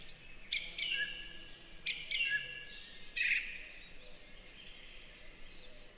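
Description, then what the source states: Song thrush singing three similar whistled phrases in quick succession, over steady background noise. Beautiful, peaceful song in a spring forest.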